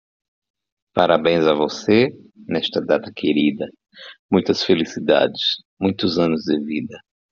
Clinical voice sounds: short text; Brazilian Portuguese; male; 40 to 49 years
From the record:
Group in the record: control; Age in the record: 48 years

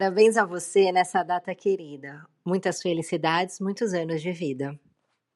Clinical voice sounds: short text; Brazilian Portuguese; female; 30 to 39 years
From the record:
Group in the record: control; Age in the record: 30 years

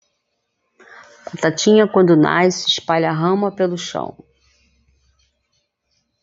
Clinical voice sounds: short text; Brazilian Portuguese; female; 50 to 59 years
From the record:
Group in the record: control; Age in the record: 57 years

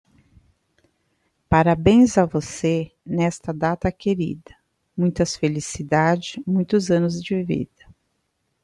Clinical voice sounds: short text; Brazilian Portuguese; female; 50 to 59 years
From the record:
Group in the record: control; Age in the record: 53 years

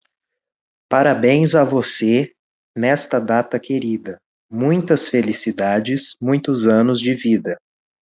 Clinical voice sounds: short text; Brazilian Portuguese; male; 20 to 29 years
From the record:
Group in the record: control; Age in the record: 26 years

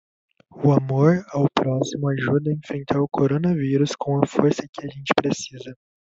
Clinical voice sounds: spoken sentence; Brazilian Portuguese; male; 20 to 29 years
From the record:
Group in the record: control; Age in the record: 21 years

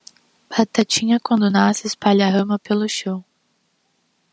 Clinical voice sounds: short text; Brazilian Portuguese; female; 20 to 29 years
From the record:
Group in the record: control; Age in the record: 20 years

